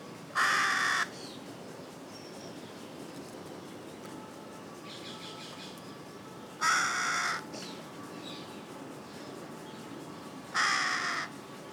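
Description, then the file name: Carrion crow giving three widely spaced harsh caws. "Corvus corone"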